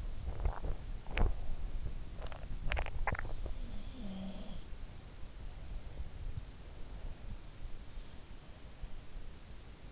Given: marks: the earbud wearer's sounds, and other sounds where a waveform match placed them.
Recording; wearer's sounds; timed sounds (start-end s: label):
sounds in sleep by an in-ear microphone; swallowing
0.00-3.77 s: swallowing
3.25-5.03 s: sound from someone else or the room